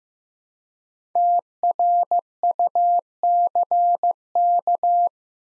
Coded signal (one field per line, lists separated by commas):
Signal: Morse code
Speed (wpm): 15 wpm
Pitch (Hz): 700 Hz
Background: none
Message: TRUCK